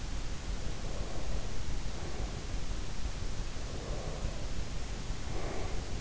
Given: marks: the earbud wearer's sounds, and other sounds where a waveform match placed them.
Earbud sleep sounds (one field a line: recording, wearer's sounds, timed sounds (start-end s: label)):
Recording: sounds in sleep by an in-ear microphone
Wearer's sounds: breath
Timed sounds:
0.66-2.70 s: breath
3.69-6.01 s: breath